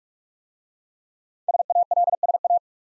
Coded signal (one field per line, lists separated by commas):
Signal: Morse code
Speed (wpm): 44 wpm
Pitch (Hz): 700 Hz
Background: none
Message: SALSA